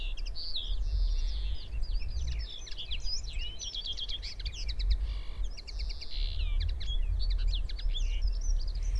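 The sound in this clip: Common linnet singing a continuous, varied twitter of quick chirps, trills and short slurred whistles, with a constant low rumble underneath.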